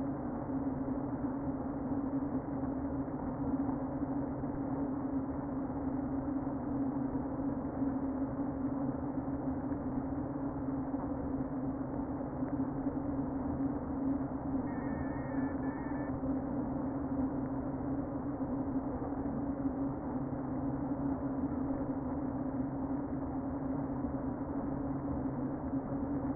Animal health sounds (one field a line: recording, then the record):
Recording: honeybee colony, microphone inside the hive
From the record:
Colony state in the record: queen present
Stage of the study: before two queens were removed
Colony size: about 60,000 bees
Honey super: yes